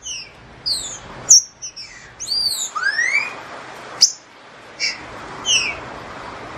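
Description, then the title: Green-winged Saltator singing bright high whistles, a cluster of curving slurred notes and a long rising whistle, broken by crisp clicks. Wild bird in the bush, singing in competition with another free bird. "Trinca Ferro NICÃ O No Mato Disputando Com Solto"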